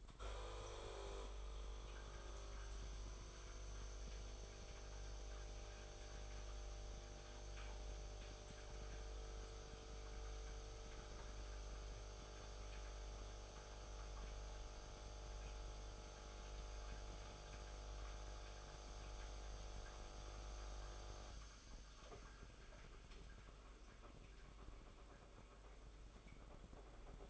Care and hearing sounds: daily activity, microphone in the room; make coffee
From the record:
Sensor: 5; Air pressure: 990.9 hPa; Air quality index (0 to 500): 144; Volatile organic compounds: 127 ppm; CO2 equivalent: 3915 ppm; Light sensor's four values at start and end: 35/112/42/45 and 35/112/43/45

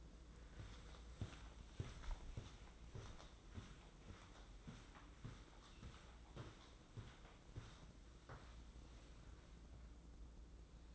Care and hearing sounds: daily activity, microphone in the room; walk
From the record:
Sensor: 3

